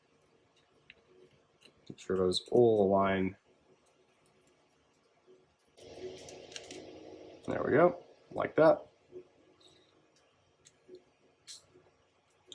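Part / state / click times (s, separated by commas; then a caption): printed plastic part into toy blaster body / seated / 12.5 s. Someone talks while a 3D-printed plastic part of a Nerf spring-powered musket is lined up and pressed into the toy blaster body, with a few small clicks and rustles along the way. The part snaps into place with a sharp click at 12.5 s, seated.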